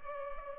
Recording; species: mosquito wingbeat signal from an infrared sensor; Culex pipiens